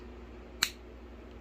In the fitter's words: and that will lock into place.